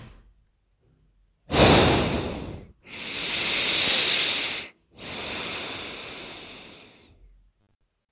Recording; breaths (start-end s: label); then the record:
nose breathing near a microphone
1.43-2.71 s: exhalation
2.71-4.98 s: inhalation
4.98-6.98 s: exhalation
From the record:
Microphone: phone